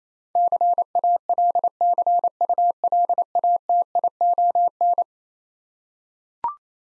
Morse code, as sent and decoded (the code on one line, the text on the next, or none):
-.-. .- .-.. -.-. ..- .-.. .- - .. --- -.
CALCULATION